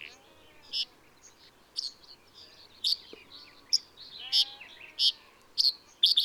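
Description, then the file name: Red-headed bunting song: sharp, high notes spaced about every half second to second, with softer twittering between them and a quick flourish at the close. Song recorded in a field at Karaguma, Kazakhstan, on 22 May 2011. "110522 BIO rhbun-S kz karaguma-acker"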